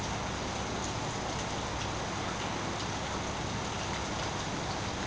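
Steady rain falls without pause, a dense, even hiss with faint scattered patter of drops and no voices or other distinct sounds.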